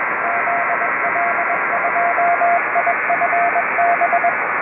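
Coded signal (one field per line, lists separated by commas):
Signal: Morse code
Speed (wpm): 24 wpm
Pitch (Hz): 690 Hz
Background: radio noise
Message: ZL2IFB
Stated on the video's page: Summits on the Air CW activation in the field, keyed with prototype circuit-board CW paddles from a kit, on an FT-817ND transceiver.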